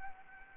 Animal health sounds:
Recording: mosquito wingbeat signal from an infrared sensor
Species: Anopheles gambiae

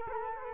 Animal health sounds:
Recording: mosquito wingbeat signal from an infrared sensor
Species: Culex quinquefasciatus

